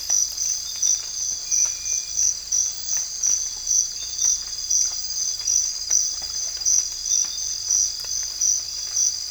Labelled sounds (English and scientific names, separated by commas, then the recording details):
none
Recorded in dense forest near Puerto Asís, Putumayo, Colombia, on 18 December 2024 at 03:30
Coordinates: 0.484, -76.325
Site G056